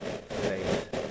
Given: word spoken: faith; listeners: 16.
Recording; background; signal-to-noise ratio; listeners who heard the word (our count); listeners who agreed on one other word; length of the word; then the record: one English word in noise, from a listening test; noise modulated by three-talker babble; -6.7 dB; 0 of 16; 6 of 16; 0.71 s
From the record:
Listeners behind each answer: 6, 2, 2, 1, 1, 1, 1, 1, 1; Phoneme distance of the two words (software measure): 27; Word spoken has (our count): 1 syllable, 3 phonemes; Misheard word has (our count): 1 syllable, 4 phonemes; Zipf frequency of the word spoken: 4.67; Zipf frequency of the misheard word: 4.73